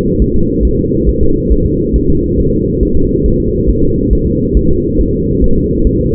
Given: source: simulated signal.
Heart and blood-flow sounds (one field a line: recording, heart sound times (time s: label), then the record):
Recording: fetal heart sounds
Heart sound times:
0.22 s: S1
0.36 s: S2
0.65 s: S1
0.79 s: S2
1.09 s: S1
1.23 s: S2
1.52 s: S1
1.66 s: S2
1.96 s: S1
2.10 s: S2
2.40 s: S1
2.54 s: S2
2.83 s: S1
2.97 s: S2
3.26 s: S1
3.40 s: S2
3.70 s: S1
3.83 s: S2
4.13 s: S1
4.27 s: S2
4.57 s: S1
4.71 s: S2
5.01 s: S1
5.15 s: S2
5.44 s: S1
5.58 s: S2
5.87 s: S1
6.01 s: S2
From the record:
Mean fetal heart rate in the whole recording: 140 bpm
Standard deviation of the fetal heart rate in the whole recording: 2 bpm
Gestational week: 34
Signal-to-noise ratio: -16.4 dB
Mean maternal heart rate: 72 bpm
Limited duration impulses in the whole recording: present